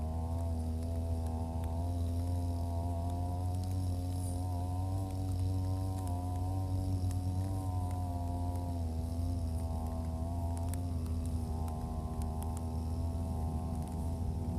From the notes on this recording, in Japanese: 草刈り機でネギの列、そして畑まわりを刈っていきます。